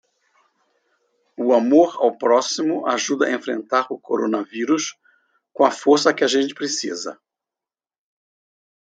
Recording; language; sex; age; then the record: spoken sentence; Brazilian Portuguese; male; 60 to 69 years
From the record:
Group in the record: control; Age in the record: 68 years